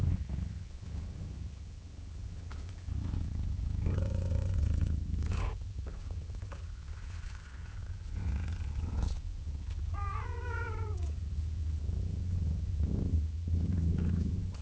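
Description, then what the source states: Cat purring in a low, rumbling drone, with a brief meow. Cat gently meowing and purring at long intervals.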